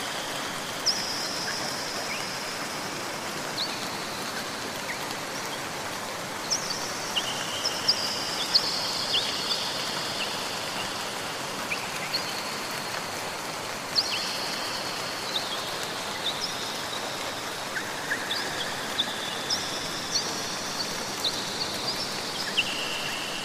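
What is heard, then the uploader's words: Steady rain falls outdoors, a dense, even hiss filling the whole stretch without letting up. Scattered drops tick and tap throughout, and thin high tones, likely insects or birds, drift in and out in the background. Hangin' Out in the Rain: Soothing Sounds of Nature!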